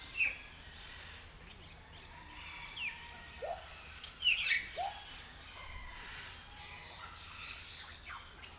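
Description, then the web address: Grey parrot sounds: short sharp whistles and chirps scattered throughout, a few low downslurred notes, against a hissy background. Recorded at Nyíregyháza Zoo, Hungary, in 2019; captive animal. "allathangok nyiregyhazizoo 2019 professzionalis jako papagaj hosszabban nyiregyhaza"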